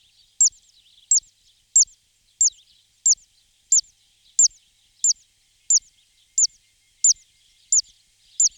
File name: Cistovnik rakosnikovy Cisticola juncidis